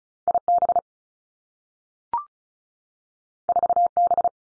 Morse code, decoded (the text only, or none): I B 4 B